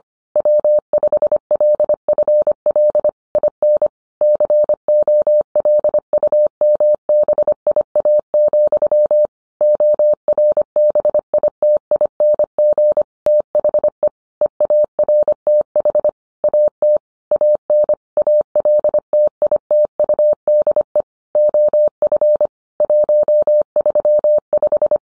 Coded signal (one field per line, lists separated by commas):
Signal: Morse code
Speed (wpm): 25 wpm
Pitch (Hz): 600 Hz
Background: none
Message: W5LFL IN COLUMBIA, ORBITING THE EARTH AT AN ALTITUDE OF 135